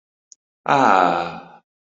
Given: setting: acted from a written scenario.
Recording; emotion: vocal sound without words; contentment